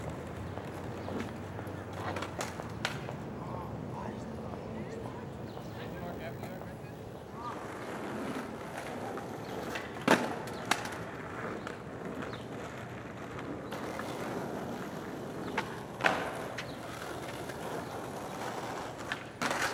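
Skateboard wheels roll steadily over pavement in a park, a continuous low, gritty rumble that swells and eases. Sharp clacks of the board snap out now and then, loudest around the middle and again near the end, with faint voices and wind in the background.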